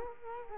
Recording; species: mosquito wingbeat signal from an infrared sensor; Culex quinquefasciatus